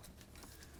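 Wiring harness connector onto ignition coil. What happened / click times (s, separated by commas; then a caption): The connector is being handled but has not clicked home yet / none. A wiring harness connector is being pushed onto a newly installed ignition coil on a 2007–13 Toyota Tundra, with steady low handling noise and a brief louder rustle at about 0.4 s. The connector is only being handled and has not clicked or seated yet.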